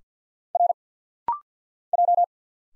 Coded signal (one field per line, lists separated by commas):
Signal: Morse code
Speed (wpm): 46 wpm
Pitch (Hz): 700 Hz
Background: none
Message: R J